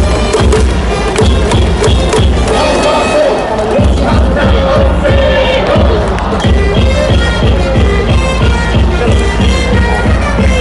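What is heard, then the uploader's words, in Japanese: Inside Hanshin Koshien Stadium, a dense, unbroken crowd roar fills the whole stretch, with voices chanting and shouting together. Regular low thumps of drums beat steadily underneath, and brassy tones from the cheering section rise and fall, briefly thinning near four seconds before resuming. 阪神甲子園球場での模様を、ただただ場内の音声だけでお送りします。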